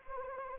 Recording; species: mosquito wingbeat signal from an infrared sensor; Anopheles arabiensis